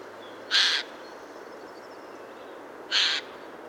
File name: Garrulus glandarius